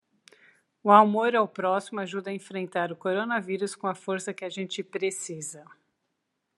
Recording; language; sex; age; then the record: spoken sentence; Brazilian Portuguese; female; 50 to 59 years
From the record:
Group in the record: control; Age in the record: 52 years